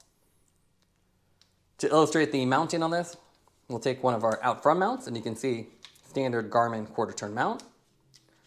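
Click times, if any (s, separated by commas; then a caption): none. A Ravemen FR160 bike light with a Garmin-style quarter-turn puck on its bottom is handled beside a plastic out-front handlebar mount, with a few faint ticks near 0.5, 0.8 and 1.4 seconds and another at 8.2 seconds. Someone talks for most of the clip. Nothing has been twisted in, seated or clicked yet.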